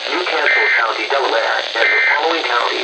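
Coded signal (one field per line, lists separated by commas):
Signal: Emergency Alert System (SAME) tones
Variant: end-of-message bursts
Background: speech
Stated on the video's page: Real EAS severe thunderstorm warnings from the NWS Mount Holly office, recorded from a Midland WR-100 and Eton ZoneGuard weather radios.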